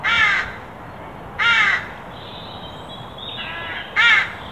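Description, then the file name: Carrion crow giving three loud, raspy caws with a fainter, softer call between them. "Corvus corone"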